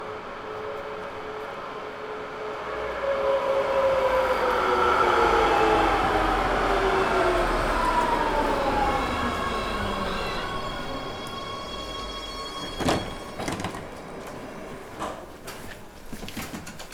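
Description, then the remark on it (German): A tram in Bremen, Germany, on a Sunday night, arriving at the U-Bahnstraße stop and riding past the Marktplatz, rolls in with a swelling rumble and sliding, descending tonal whines from its motors, then settles into a steady ride with clanks and high metallic ringing toward the end. “Bremen by Night - Marktplatz, Straßenbahnfahrt”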